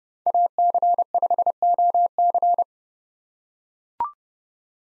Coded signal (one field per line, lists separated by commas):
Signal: Morse code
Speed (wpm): 32 wpm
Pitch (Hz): 700 Hz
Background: none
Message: AC5OC